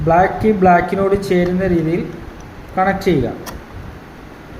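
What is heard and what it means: A paper-trail printer cable connector is handled at a voting machine socket, lined up red to red and black to black, while someone talks over faint handling noise. Nothing has seated or clicked yet.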